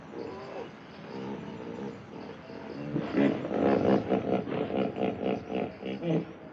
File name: Begemot gippopotam